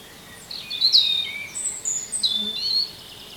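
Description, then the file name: European robin song, a sequence of high twittering and whistled notes, varied and quick. "Erithacus rubecula"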